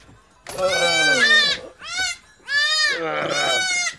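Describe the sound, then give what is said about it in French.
Sheep bleat repeatedly, about four loud, wavering cries in quick succession, the last two running almost together, with no talking. “Le matin, je ne la déplacerai que pour faire sortir mes moutons.”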